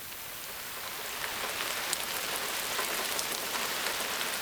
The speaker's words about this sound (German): Kaum liegst du in deinem Körbchen, beginnt es auch schon zu regnen.